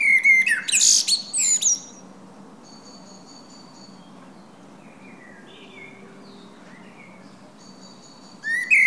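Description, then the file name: Common blackbird song: a phrase with a fluty opening and high squeaky twittering, then quiet with faint high notes, and the start of another phrase at the end. "Turdus merula"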